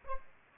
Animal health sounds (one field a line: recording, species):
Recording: mosquito wingbeat signal from an infrared sensor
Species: Aedes aegypti